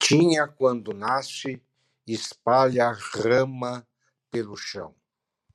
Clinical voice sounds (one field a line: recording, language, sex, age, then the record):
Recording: short text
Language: Brazilian Portuguese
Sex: male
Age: 70 to 79 years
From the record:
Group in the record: control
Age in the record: 70 years